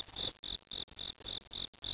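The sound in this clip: Crickets chirping in short, high pulsed bursts, about four per second.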